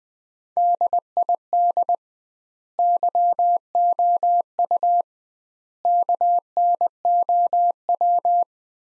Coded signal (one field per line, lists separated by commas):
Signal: Morse code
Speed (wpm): 20 wpm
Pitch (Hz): 700 Hz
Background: none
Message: DID YOU KNOW